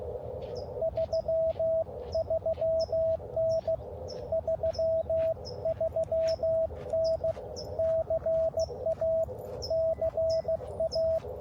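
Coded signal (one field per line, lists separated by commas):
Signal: Morse code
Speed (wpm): 16 wpm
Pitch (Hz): 650 Hz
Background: radio noise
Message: 33N 33N CA CA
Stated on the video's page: Park activation.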